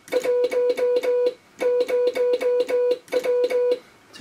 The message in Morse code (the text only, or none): 10W